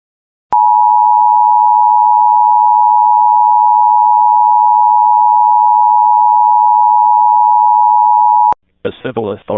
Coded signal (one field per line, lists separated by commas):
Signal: Emergency Alert System (SAME) tones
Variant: 853 and 960 Hz attention tone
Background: speech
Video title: Arizona Law Enforcement Warning EAS #15